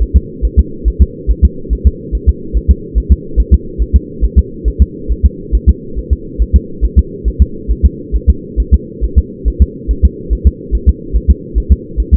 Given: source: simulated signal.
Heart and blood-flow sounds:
fetal heart sounds
0.02 s: S1
0.16 s: S2
0.45 s: S1
0.59 s: S2
0.88 s: S1
1.02 s: S2
1.31 s: S1
1.45 s: S2
1.73 s: S1
1.87 s: S2
2.15 s: S1
2.29 s: S2
2.57 s: S1
2.71 s: S2
2.98 s: S1
3.12 s: S2
3.40 s: S1
3.54 s: S2
3.82 s: S1
3.96 s: S2
4.24 s: S1
4.38 s: S2
4.68 s: S1
4.82 s: S2
5.11 s: S1
5.26 s: S2
5.55 s: S1
5.69 s: S2
5.99 s: S1
6.13 s: S2
6.42 s: S1
6.56 s: S2
6.85 s: S1
6.99 s: S2
7.28 s: S1
7.42 s: S2
7.71 s: S1
7.85 s: S2
8.15 s: S1
8.30 s: S2
8.60 s: S1
8.74 s: S2
9.04 s: S1
9.18 s: S2
9.48 s: S1
9.62 s: S2
9.91 s: S1
10.05 s: S2
10.33 s: S1
10.47 s: S2
10.75 s: S1
10.89 s: S2
11.16 s: S1
11.30 s: S2
11.58 s: S1
11.72 s: S2
12.00 s: S1
12.14 s: S2
From the record:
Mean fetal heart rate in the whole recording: 140 bpm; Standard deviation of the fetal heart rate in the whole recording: 2 bpm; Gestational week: 34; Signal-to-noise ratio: -4.3 dB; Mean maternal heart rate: 72 bpm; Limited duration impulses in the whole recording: absent

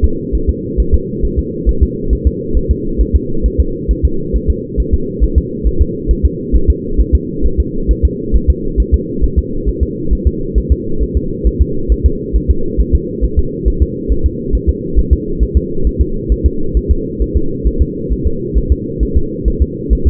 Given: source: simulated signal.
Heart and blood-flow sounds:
fetal heart sounds
0.05 s: S2
0.35 s: S1
0.50 s: S2
0.80 s: S1
0.94 s: S2
1.25 s: S1
1.39 s: S2
1.69 s: S1
1.83 s: S2
2.13 s: S1
2.27 s: S2
2.57 s: S1
2.71 s: S2
3.01 s: S1
3.16 s: S2
3.46 s: S1
3.60 s: S2
3.91 s: S1
4.05 s: S2
4.36 s: S1
4.50 s: S2
4.80 s: S1
4.94 s: S2
5.24 s: S1
5.38 s: S2
5.67 s: S1
5.81 s: S2
6.11 s: S1
6.25 s: S2
6.56 s: S1
6.70 s: S2
7.00 s: S1
7.15 s: S2
7.46 s: S1
7.60 s: S2
7.91 s: S1
8.05 s: S2
8.36 s: S1
8.50 s: S2
8.80 s: S1
8.94 s: S2
9.24 s: S1
9.38 s: S2
9.69 s: S1
9.83 s: S2
10.13 s: S1
10.27 s: S2
10.58 s: S1
10.72 s: S2
11.03 s: S1
11.17 s: S2
11.47 s: S1
11.62 s: S2
11.92 s: S1
12.06 s: S2
12.36 s: S1
12.50 s: S2
12.80 s: S1
12.95 s: S2
13.24 s: S1
13.39 s: S2
13.68 s: S1
13.82 s: S2
14.12 s: S1
14.26 s: S2
14.55 s: S1
14.69 s: S2
14.99 s: S1
15.13 s: S2
15.43 s: S1
15.57 s: S2
15.87 s: S1
16.01 s: S2
16.32 s: S1
16.46 s: S2
16.77 s: S1
16.91 s: S2
17.22 s: S1
17.37 s: S2
17.67 s: S1
17.82 s: S2
18.12 s: S1
18.27 s: S2
18.58 s: S1
18.72 s: S2
19.03 s: S1
19.17 s: S2
19.48 s: S1
19.62 s: S2
19.93 s: S1
20.07 s: S2
From the record:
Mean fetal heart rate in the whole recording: 135 bpm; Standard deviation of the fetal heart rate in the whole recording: 3 bpm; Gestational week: 34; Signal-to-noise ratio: -8.1 dB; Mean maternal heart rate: 72 bpm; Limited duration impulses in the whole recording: absent

